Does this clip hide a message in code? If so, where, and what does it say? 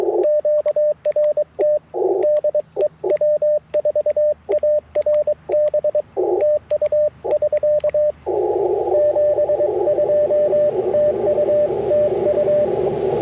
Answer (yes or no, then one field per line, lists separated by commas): yes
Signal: Morse code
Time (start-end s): 0.2-12.7 s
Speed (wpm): 22 wpm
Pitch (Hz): 590 Hz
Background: radio noise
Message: QRT DE W4ARB TU <SK> 72 TU TU